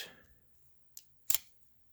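With its release button on the side of the rail mount pressed and held, an Olight Odin weapon light unlatches from its quick-release mount slot. A sharp click sounds at 1.0 s, followed by a louder double click at 1.3 s as the light releases from the mount.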